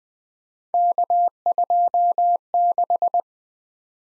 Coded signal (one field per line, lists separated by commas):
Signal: Morse code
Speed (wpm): 21 wpm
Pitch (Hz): 700 Hz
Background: none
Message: K26